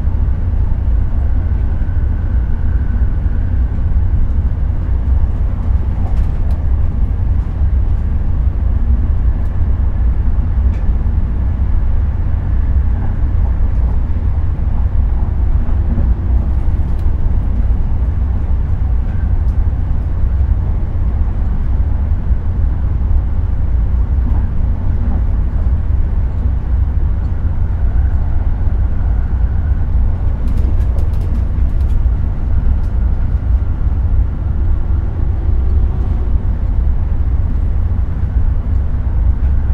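Inside a sleeper train bound for Scotland, a deep, steady rumble fills the carriage, constant in level throughout. Faint tones drift in and out in the middle range, and brief clicks and taps punctuate it around six, seventeen and thirty-one seconds.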